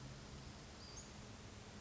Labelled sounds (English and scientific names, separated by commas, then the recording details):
Western Flycatcher (Empidonax difficilis)
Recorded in Sonoma County, California